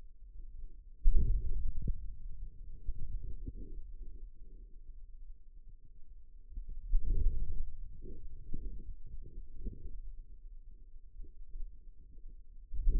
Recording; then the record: forearm muscle sounds (acoustic myography)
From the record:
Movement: hand closing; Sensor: system 2, bracelet of six BSWA MPA416 microphones around the upper forearm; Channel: 4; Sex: male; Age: 22 years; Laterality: right